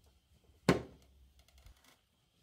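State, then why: Seated. A plastic ice cream pint is pressed into the outer bowl of a Ninja CREAMi ice cream maker and snaps in with one sharp hit at 0.7 s, which rings briefly. A few faint handling taps follow, and the pint is seated.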